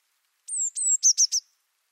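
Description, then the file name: Eurasian blue tit giving a high phrase: two long thin whistled notes sliding down, then three quick buzzy trilled notes, all in about a second. "Cyanistes caeruleus"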